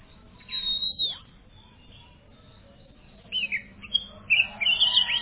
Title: suara kacer